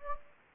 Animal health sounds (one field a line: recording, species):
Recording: mosquito wingbeat signal from an infrared sensor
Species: Anopheles gambiae